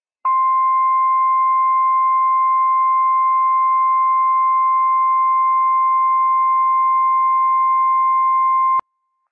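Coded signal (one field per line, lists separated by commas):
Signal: Emergency Alert System (SAME) tones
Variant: 1050 Hz attention tone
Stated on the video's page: Operational EAS tones of a Required Weekly Test issued by the National Weather Service in Pendleton, Oregon, for counties in Washington.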